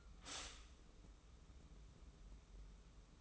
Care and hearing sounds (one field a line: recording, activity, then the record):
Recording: daily activity, microphone in the room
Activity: stop toaster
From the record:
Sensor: 1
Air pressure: 994.5 hPa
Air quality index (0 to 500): 225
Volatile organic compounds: 1000 ppm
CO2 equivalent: 8071 ppm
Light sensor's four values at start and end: 100/224/99/103 and 130/298/132/144